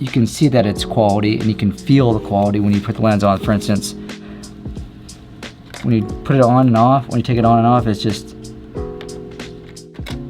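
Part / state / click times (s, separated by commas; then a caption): camera lens into camera body lens mount / not seated / none. A camera lens is handled on and off the metal bayonet lens mount of a Canon EOS R8 mirrorless camera body while someone talks over background music. A few faint taps of handling are heard, but nothing has seated or clicked yet.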